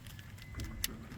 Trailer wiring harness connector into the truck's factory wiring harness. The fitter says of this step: you heard the click. Clickety click, click, click, click.